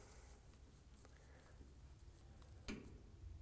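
A Schrader valve core in an HVAC service port is unscrewed with a valve core removal tool while the rod is held inward against R410A pressure. After quiet faint scraping and a soft tick near 1.7 s, a sharp click at 2.7 s signals that the core has left the port threads and is released.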